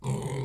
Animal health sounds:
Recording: pig call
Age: weaner (32 to 43 days)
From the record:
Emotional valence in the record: negative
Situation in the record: novel object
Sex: female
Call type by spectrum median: low-frequency call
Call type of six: low-frequency stable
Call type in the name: low-frequency stable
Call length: 0.45 s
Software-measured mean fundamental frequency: 68 Hz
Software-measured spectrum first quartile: 141 Hz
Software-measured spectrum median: 314 Hz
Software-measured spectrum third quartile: 1012 Hz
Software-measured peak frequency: 143 Hz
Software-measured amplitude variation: 154 dB a second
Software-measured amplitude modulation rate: 23.4 a second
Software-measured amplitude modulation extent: 6.6 dB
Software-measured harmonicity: 3.3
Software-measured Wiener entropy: -1.26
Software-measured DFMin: 962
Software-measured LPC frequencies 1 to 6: 260, 916, 2101, 3200, 4437, 5880 Hz

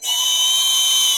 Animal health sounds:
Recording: pig call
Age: weaner (32 to 43 days)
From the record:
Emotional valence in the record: negative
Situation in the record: restrain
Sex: male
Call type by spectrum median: high-frequency call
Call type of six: high-frequency stable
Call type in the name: high-frequency stable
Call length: 1.18 s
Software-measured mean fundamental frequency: 610 Hz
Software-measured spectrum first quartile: 3145 Hz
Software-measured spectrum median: 4256 Hz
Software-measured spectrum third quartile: 7386 Hz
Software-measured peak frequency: 3067 Hz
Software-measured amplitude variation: 57 dB a second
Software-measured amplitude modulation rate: 26.7 a second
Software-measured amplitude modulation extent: 2.1 dB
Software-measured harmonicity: 6.9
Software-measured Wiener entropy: -3.02

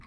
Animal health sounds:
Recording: pig call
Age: piglet (1 to 25 days)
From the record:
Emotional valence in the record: positive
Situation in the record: reunion after long isolation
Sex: female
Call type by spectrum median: low-frequency call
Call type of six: low-frequency tonal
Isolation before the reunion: 8 minutes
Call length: 0.07 s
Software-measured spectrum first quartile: 95 Hz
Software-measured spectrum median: 629 Hz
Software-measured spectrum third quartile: 1788 Hz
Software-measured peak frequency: 122 Hz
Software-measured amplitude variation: 15 dB a second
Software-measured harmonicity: 2.5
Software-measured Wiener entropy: -1.32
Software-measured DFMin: 1132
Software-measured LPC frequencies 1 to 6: 1132, 2241, 3395, 4100, 4902, 7385 Hz

